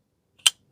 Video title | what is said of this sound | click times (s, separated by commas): POIKILO BLADES PRISM A Clean No Hardware Knife With Incredible Quality | you don't feel it until it clicks into the detent | 0.5 s